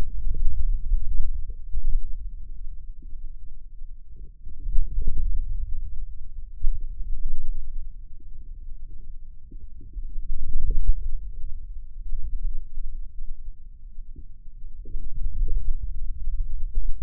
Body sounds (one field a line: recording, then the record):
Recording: forearm muscle sounds (acoustic myography)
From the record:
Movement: hand closing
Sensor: system 2, bracelet of six BSWA MPA416 microphones around the upper forearm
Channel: 6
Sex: male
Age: 22 years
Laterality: right